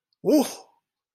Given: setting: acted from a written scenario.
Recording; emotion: vocal sound without words; positive surprise